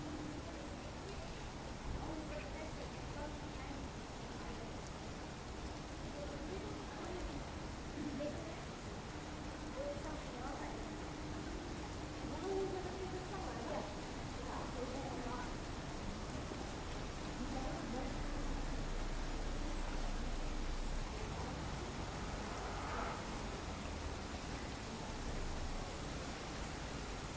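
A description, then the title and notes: Rain falls over a city in a steady, dense hiss that fills the whole clip without pause. A low hum runs underneath, with a brief tonal drone around the middle, and faint scattered sounds like distant voices or traffic surface now and then. Slumbering City: Rainy Soundscapes for Tranquil Nights. Rainy city white noise, urban white noise, city rainfall, ambient city sounds, rain noise.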